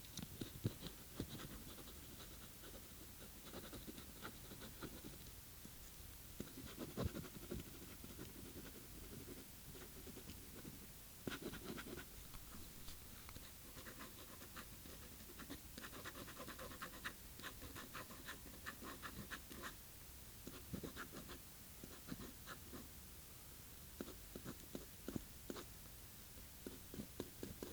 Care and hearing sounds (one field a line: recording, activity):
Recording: daily activity, guitar pickup as the sensor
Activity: write